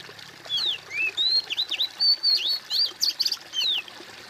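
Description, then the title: Bird song: a quick series of varied high whistles and rising and falling slurs, strung together over about three seconds. "kOMPILASI suara bird"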